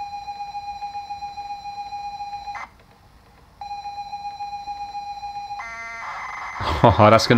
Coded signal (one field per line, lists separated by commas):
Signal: ZX Spectrum tape loading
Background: speech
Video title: SINCLAIR ZX Spectrum +2 NOT playing Games & Faulty Key - EASY FIX